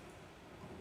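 An RV window latch in the window frame of a 2024 Ember 24MBH is being handled as the window is opened, with steady broadband noise throughout and a brief sharp sound at the very end. The clip stops just before the latch reaches its third detent, so nothing has seated or clicked into place yet.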